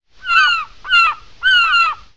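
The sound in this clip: Gull giving three drawn-out, nasal calls in close succession, each gently falling in pitch.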